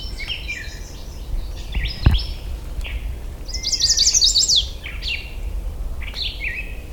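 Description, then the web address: Chestnut-sided warbler song, a quick burst of high, bright, zigzagging notes about a second long in midway, over a chorus of other songbirds whistling and chirping. Recorded in Michigan on 16 June 2009 at 06:33. "Michigan Bird Songs Dendroica pensylvanica"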